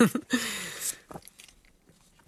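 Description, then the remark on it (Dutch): A short, wet slurping sip of water followed by a brief gulp and a few soft mouth clicks, then quiet. The sounds are moderately loud at first and fade quickly, with no talking. “Neem maar een slokje water hoor.”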